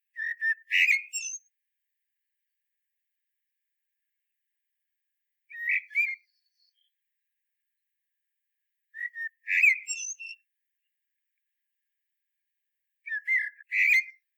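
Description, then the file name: Common blackbird song: four short bursts of fluted whistles with thin high twittering, each separated by several seconds of silence. "Turdus merula"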